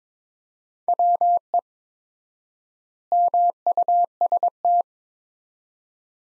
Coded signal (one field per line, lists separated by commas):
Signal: Morse code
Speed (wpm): 22 wpm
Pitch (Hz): 700 Hz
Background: none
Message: WE MUST